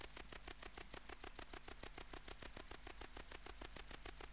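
Tettigonia hispanica bush-cricket song of brief high buzzy syllables, several each second, delivered in a regular unbroken rhythm.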